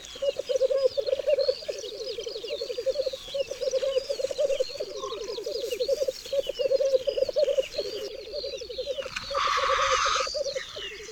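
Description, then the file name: Black grouse rookooing: an almost unbroken stream of low, pulsing, bubbling notes, with a breathy hiss near the end and many songbirds chirping in the background. "Cietrzew"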